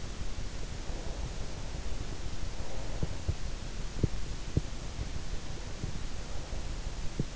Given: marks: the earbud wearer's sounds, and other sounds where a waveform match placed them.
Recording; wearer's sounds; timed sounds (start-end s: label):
sounds in sleep by an in-ear microphone; breath, teeth grinding
0.60-3.59 s: breath
3.59-4.85 s: teeth grinding
4.63-7.30 s: breath